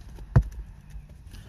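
A wiring harness connector is pushed onto the intake valve timing solenoid of a Nissan Altima 2.5L, giving a sharp click at 0.4 s as it seats. A few faint ticks follow, and the connector stays locked when pulled to check it.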